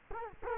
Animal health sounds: mosquito wingbeat signal from an infrared sensor; Culex quinquefasciatus

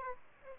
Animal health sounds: mosquito wingbeat signal from an infrared sensor; Aedes aegypti

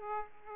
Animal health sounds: mosquito wingbeat signal from an infrared sensor; Aedes aegypti

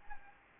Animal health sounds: mosquito wingbeat signal from an infrared sensor; Anopheles gambiae

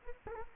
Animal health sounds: mosquito wingbeat signal from an infrared sensor; Culex quinquefasciatus

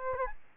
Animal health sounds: mosquito wingbeat signal from an infrared sensor; Aedes albopictus

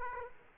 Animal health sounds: mosquito wingbeat signal from an infrared sensor; Aedes aegypti

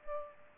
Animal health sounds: mosquito wingbeat signal from an infrared sensor; Culex pipiens

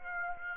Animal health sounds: mosquito wingbeat signal from an infrared sensor; Aedes aegypti

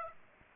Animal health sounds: mosquito wingbeat signal from an infrared sensor; Aedes aegypti

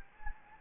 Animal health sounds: mosquito wingbeat signal from an infrared sensor; Anopheles gambiae

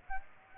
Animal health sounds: mosquito wingbeat signal from an infrared sensor; Aedes aegypti

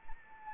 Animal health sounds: mosquito wingbeat signal from an infrared sensor; Anopheles arabiensis

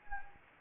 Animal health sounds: mosquito wingbeat signal from an infrared sensor; Anopheles gambiae

